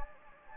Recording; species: mosquito wingbeat signal from an infrared sensor; Anopheles gambiae